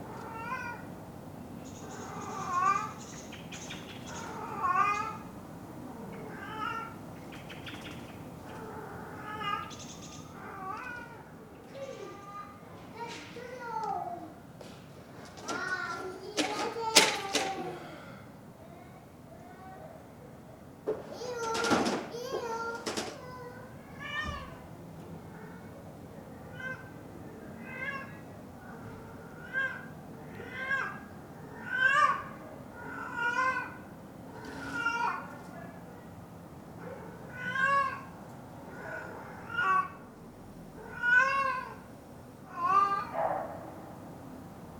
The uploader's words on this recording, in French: Jardin sonore pendant le confinement. A Douai, de ma fenêtre et de mon jardin, j’enregistre ce que j’entends pendant le confinement, voici ces paysages sonores. ENFANTS MARTEAUX.